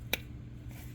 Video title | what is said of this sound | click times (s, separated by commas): SOLVED! 2012 HYUNDAI GENESIS 4.6L Crank Sensor & Vent Valve Replacement | want to hear that click | 0.1 s